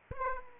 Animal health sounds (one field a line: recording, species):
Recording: mosquito wingbeat signal from an infrared sensor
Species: Aedes aegypti